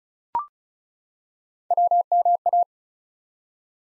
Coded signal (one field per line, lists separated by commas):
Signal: Morse code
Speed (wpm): 36 wpm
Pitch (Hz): 700 Hz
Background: none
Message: WMA